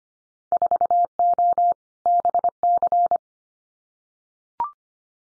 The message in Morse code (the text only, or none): 4O BC